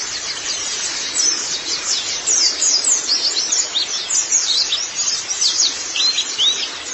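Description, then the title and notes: White-eye song, high-pitched tumbling twitters and squeaky notes delivered nonstop, with some brief whistles near the end. "Kicauan Burung Pleci Durasi Panjang. Suara kicauan burung pleci"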